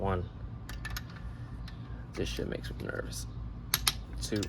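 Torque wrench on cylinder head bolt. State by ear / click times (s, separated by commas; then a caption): torque reached / 3.7 s, 3.9 s. A click-type torque wrench re-checks the second cylinder head bolt on a D16 head, and someone talks before and after. The wrench clicks right away, with sharp clicks at 3.7 s and 3.9 s, confirming the bolt passes the torque check.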